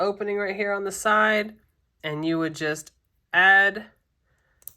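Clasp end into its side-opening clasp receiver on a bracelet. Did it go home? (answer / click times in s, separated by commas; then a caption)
yes / 4.7 s. Someone talks, then one end of a small metal side-opening bracelet clasp is pushed into the clasp receiver on the bracelet. A sharp click at 4.7 s marks the jewelry clasp clicking shut and seating.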